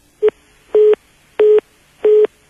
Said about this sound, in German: Bei mir piepst es immer noch.